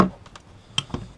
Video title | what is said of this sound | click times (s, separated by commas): Reolink RLC 420 Inside out | it and then it just pops off and this ring comes off and that's really interesting | 0.8 s